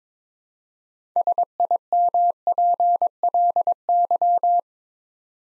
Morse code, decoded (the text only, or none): SIMPLY